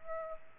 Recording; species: mosquito wingbeat signal from an infrared sensor; Culex pipiens